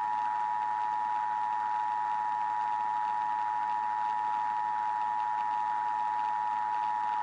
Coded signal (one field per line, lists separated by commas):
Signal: Emergency Alert System (SAME) tones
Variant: 853 and 960 Hz attention tone